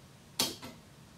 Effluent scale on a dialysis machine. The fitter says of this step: what that click does is there's sensors in each one of these scales and that breaks that sensor so